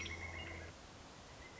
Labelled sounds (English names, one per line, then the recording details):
Pileated Woodpecker
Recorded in Sonoma County, California